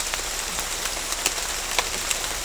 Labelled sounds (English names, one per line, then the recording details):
none
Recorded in dense forest near Puerto Asís, Putumayo, Colombia, on 22 December 2024 at 18:00
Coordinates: 0.500, -76.322
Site G053